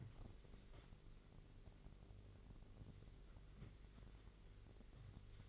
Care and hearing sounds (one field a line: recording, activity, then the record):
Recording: daily activity, microphone in the room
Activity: wipe stove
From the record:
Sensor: 4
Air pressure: 1002.4 hPa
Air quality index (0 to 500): 216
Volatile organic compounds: 12 ppm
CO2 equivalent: 2329 ppm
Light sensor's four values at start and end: 19/67/24/24 and 19/67/24/24